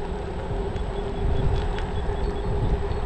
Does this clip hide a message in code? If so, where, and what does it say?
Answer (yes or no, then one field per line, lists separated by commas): no